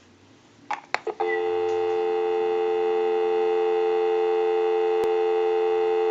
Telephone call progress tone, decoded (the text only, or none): dial tone